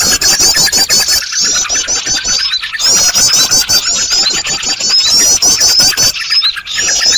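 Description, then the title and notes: Bird chorus of rapid, shrill chattering notes in looping bursts separated by brief gaps, over crackling clicks. Noisy bird sounds made as a lure (pikat) recording for attracting birds. "Burung Ribut Pikat"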